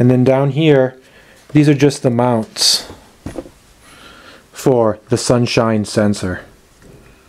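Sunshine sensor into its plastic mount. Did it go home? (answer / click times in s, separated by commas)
no / none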